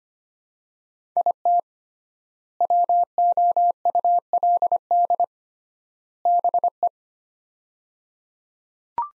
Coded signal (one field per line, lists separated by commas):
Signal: Morse code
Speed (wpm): 25 wpm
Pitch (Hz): 700 Hz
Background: none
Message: IT WOULD BE